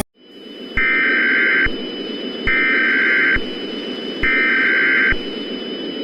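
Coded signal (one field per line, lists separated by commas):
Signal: Emergency Alert System (SAME) tones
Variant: header bursts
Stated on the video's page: Fictional scenario alert, simulated.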